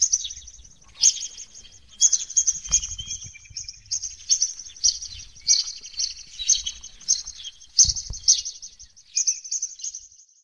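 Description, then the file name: Birds singing: dense, high twittering and chirping phrases in repeated bursts, with occasional faint low thumps in the background. "Pajaritos Hifi"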